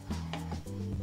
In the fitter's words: until it clicks in place like that.